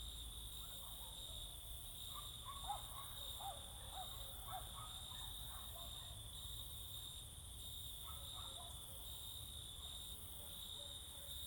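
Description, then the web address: Crickets keep a continuous high trill while dogs bark in the background. Crickets singing close in summer fields in the evening and night, with dogs barking all around. "Sculp Tunes - Summer in the field - Crickets and Cicadas"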